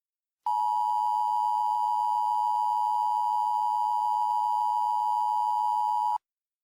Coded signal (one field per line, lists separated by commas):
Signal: Emergency Alert System (SAME) tones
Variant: 853 and 960 Hz attention tone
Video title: EAS Mock 9: Hollowed Out